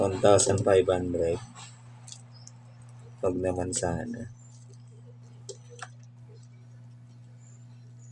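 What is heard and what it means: A flex cable connector is handled at its socket on a phone board during a charging repair on a Redmi 10. Someone talks, and between the speech come a few light clicks and taps at about 2.1, 2.5, 5.5 and 5.8 seconds over a steady low hum. Nothing has seated or clicked into place yet.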